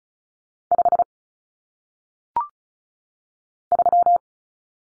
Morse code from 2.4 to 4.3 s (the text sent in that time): 3